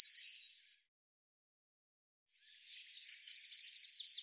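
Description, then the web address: Eurasian blue tit gives a short trill, falls silent, then sweeps down from a sharp high note into a long, steady run of rapid repeated notes. "cianscape birddata Deverinetal 2025 File cleaned normalized Bird Cy Ca"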